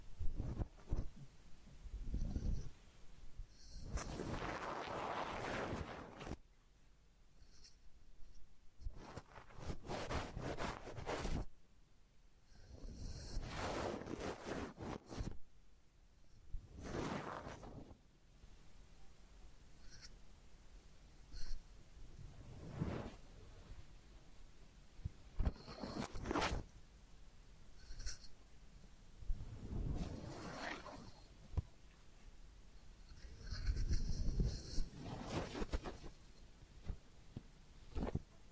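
A head massage and ear cleaning, heard as bursts of soft rubbing and scratching that swell and fade every few seconds. The strongest rustling passes come around 4, 14, 26, 31 and 35 seconds, with quieter brushing, faint ticks and near-silence between them.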